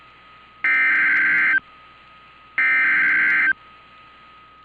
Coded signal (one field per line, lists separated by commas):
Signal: Emergency Alert System (SAME) tones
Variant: header bursts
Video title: 8/29/2021 | GRR's First FFW since 2014! [EAS #564]